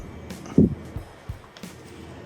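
A part, either the battery pack or the hose fitting, is handled and pulled down onto a Flyman Professional Tools portable cordless pressure washer. A dull low thump is heard near 0.6 s, followed by softer knocks around 1.0 s and 1.3 s and faint brief scrapes near 0.3 s and 1.6 s. Nothing has seated or clicked yet.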